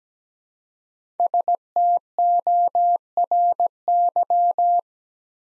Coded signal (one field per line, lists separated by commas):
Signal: Morse code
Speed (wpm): 17 wpm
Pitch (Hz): 700 Hz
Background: none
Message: STORY